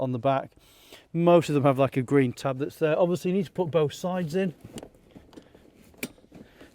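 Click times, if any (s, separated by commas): 6.0 s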